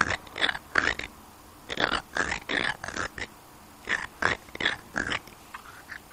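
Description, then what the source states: Frog croaking in short, harsh notes, pairs and runs of calls repeated about three times a second with brief pauses between bursts. Rain-calling frog.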